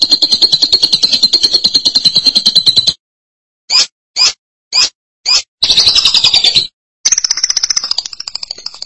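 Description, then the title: Lovebird song: buzzy rapid chatter, a pause, four short chirps, then more high scratchy rattling trills that fade toward the end. "BM Suara Burung Lovebird"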